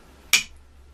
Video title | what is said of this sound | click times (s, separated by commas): Barrel Changing of Delta and Alpha Wolf | the screws that you hear that click of course the probe went all the way back | 0.3 s